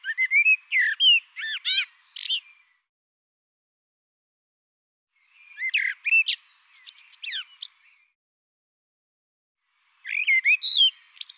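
Bird song given in three dense bursts of fast, varied chirps, whistles and buzzy notes. Silent pauses of a few seconds separate them.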